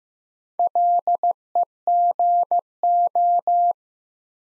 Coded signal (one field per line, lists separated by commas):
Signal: Morse code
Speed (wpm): 15 wpm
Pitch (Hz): 700 Hz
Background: none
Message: LEGO